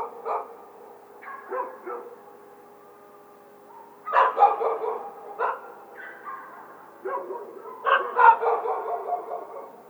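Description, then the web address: Coyote yipping in short, choppy bursts a few seconds apart, with brief wavering howl notes between the outbursts. Howl, recorded 2 November 2007. "Coyote 2007 11 02 howl"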